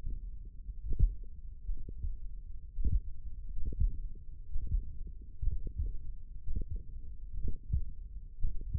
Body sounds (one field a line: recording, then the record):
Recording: forearm muscle sounds (acoustic myography)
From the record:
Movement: finger pinch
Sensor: system 1, eight BSWA MPA416 microphones around the upper forearm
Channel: 3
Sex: male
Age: 42 years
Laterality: right